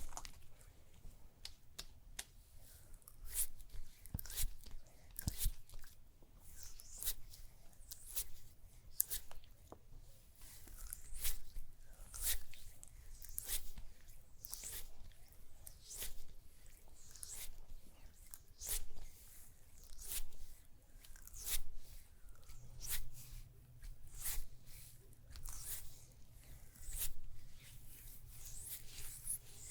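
Layered massage sounds: a steady stream of sharp, bright clicks, taps and crackles arrives in quick, irregular bursts throughout. Beneath them runs a constant low hum that shifts slightly higher in pitch at about 23 seconds and holds there to the end.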